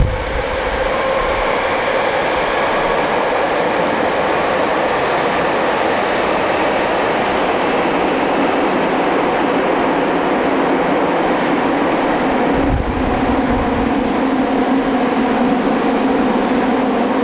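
A TWR 70-000 series train runs on a Saikyo Line rapid service, giving a steady, dense roar of rumble and hiss at an even level throughout. Around the thirteenth second there is a brief jolt in the low rumble, after which a faint droning hum continues.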